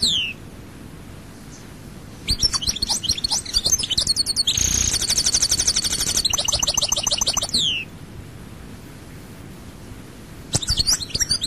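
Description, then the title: European goldfinch singing a fast, chattering series of twittered notes and buzzy trills lasting about five seconds, then a pause and a brief restart. "Chant Chardonneret"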